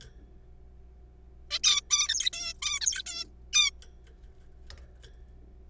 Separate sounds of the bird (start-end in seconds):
1.51-1.59, 1.64-1.80, 1.90-2.30, 2.33-2.53, 2.62-2.79, 2.81-3.02, 3.06-3.25, 3.53-3.71